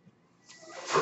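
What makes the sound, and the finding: Home mechanical ventilator. Home mechanical ventilator airflow.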